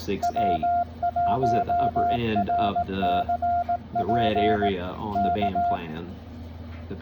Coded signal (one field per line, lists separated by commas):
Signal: Morse code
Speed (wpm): 18 wpm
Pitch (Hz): 700 Hz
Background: speech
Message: W1RCP K